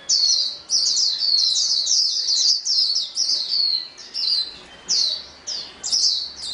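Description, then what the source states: A chorus of white-eyes in rapid, high twittering trills, with descending slurred notes. The chatter thins into separate short bursts toward the end. Chorus of many white-eyes singing together.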